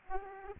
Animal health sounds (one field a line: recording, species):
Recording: mosquito wingbeat signal from an infrared sensor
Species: Aedes aegypti